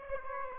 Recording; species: mosquito wingbeat signal from an infrared sensor; Aedes aegypti